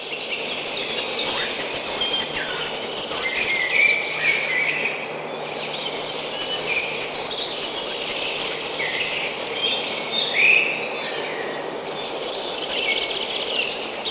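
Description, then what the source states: Goldcrest song of fast, needle-thin high notes running in long rhythmic series, partly masked by a busy chorus of other songbirds. Spring.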